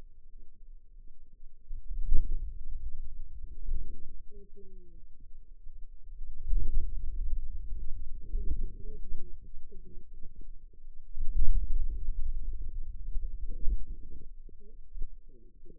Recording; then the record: forearm muscle sounds (acoustic myography)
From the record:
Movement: hand closing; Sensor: system 2, bracelet of six BSWA MPA416 microphones around the upper forearm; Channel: 2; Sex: female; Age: 21 years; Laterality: right